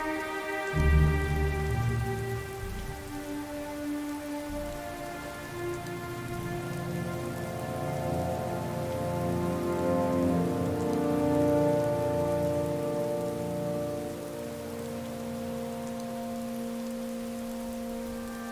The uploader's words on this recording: Skyrim - Music & Ambience - Rainy Solstheim.